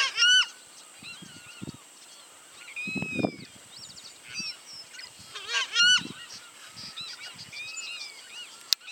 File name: Voz-Chajá